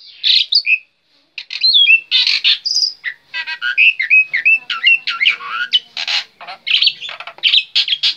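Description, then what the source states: Black-winged myna song, a busy run of whistled notes mixed with harsh buzzy squawks and chatter, delivered almost without pause after a brief early gap. Black-winged myna singing energetically.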